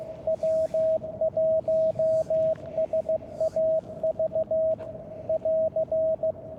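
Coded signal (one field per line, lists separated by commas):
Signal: Morse code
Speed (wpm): 15 wpm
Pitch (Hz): 640 Hz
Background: radio noise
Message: W1SAV <AR>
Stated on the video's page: Park activation at a state recreation area, mostly socializing.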